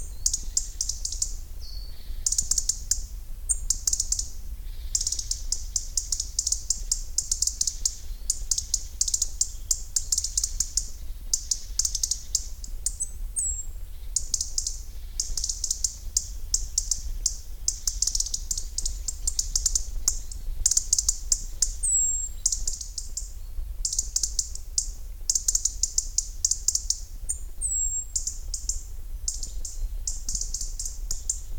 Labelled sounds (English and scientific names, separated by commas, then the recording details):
European Robin (Erithacus rubecula) call
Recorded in the wild
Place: Schluft, Schorfheide, Brandenburg, DE
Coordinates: 52.95, 13.45
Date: 1996-08-04 10:35
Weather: wolkig, 14-17°C
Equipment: Sony MD-WM MZ-R3, Sennheiser ME 80, Kopie Uher 4000 Report Monitor
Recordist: Tembrock, Günter
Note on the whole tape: Erregungsrufe, längere Sequenz, sehr gut (bis 10.41 Uhr). Bei Schluft